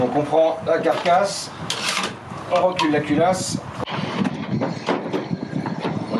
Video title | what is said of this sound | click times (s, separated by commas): Deserttech MDR X : le bullpup du futur? | on insère le canon. Tac. | 5.7 s